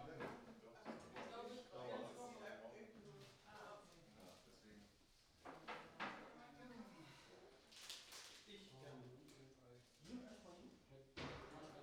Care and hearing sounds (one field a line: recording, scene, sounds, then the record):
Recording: everyday scene through a hearing-aid microphone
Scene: many people talking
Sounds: many voices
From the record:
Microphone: in the ear canal, right